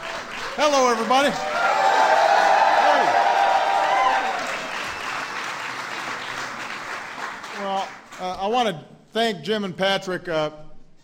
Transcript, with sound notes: Hello, everybody. (Applause.) Well, I want to thank Jim and Patrick.